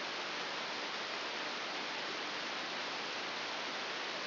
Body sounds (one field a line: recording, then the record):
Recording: brain microelectrode recording played as sound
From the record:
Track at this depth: inside the subthalamic nucleus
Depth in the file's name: 4.801 mm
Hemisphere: right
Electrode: 3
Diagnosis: Parkinson's disease